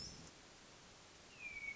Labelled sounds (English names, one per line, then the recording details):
Hermit Thrush
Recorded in Sonoma County, California